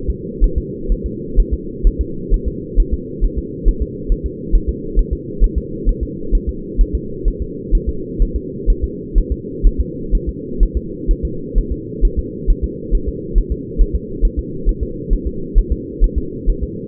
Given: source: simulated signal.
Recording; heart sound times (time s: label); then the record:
fetal heart sounds
0.10 s: S2
0.44 s: S1
0.58 s: S2
0.92 s: S1
1.06 s: S2
1.40 s: S1
1.53 s: S2
1.87 s: S1
2.01 s: S2
2.34 s: S1
2.48 s: S2
2.80 s: S1
2.94 s: S2
3.25 s: S1
3.38 s: S2
3.68 s: S1
3.82 s: S2
4.12 s: S1
4.26 s: S2
4.55 s: S1
4.69 s: S2
4.99 s: S1
5.13 s: S2
5.44 s: S1
5.58 s: S2
5.89 s: S1
6.03 s: S2
6.35 s: S1
6.49 s: S2
6.81 s: S1
6.95 s: S2
7.28 s: S1
7.42 s: S2
7.75 s: S1
7.89 s: S2
8.22 s: S1
8.36 s: S2
8.70 s: S1
8.84 s: S2
9.18 s: S1
9.32 s: S2
9.66 s: S1
9.81 s: S2
10.15 s: S1
10.29 s: S2
10.63 s: S1
10.77 s: S2
11.11 s: S1
11.25 s: S2
11.58 s: S1
11.72 s: S2
12.05 s: S1
12.19 s: S2
12.50 s: S1
12.64 s: S2
12.95 s: S1
13.09 s: S2
13.38 s: S1
13.52 s: S2
13.81 s: S1
13.95 s: S2
14.25 s: S1
14.39 s: S2
14.69 s: S1
14.83 s: S2
15.13 s: S1
15.27 s: S2
15.58 s: S1
15.72 s: S2
16.04 s: S1
16.18 s: S2
16.50 s: S1
16.63 s: S2
From the record:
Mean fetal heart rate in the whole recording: 130 bpm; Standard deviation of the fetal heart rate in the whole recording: 4 bpm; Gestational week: 38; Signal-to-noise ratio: -4.3 dB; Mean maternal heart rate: 72 bpm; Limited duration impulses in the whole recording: absent